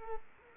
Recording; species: mosquito wingbeat signal from an infrared sensor; Culex quinquefasciatus